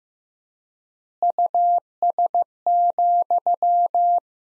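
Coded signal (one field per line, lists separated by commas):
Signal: Morse code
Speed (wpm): 15 wpm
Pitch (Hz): 700 Hz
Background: none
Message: US,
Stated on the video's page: Morse sentence practice from the top 400 words at 15 wpm with 4x word spacing, a Farnsworth-like method.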